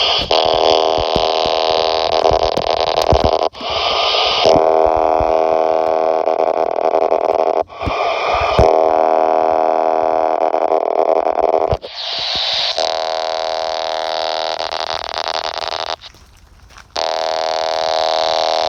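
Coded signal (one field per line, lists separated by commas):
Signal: pager alert tone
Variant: RadioShack PG-99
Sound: harsh buzzy steady tones in about 5 long bursts, each changing timbre after short gaps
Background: radio static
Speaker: Did you lose it? Oh, it's still down in there.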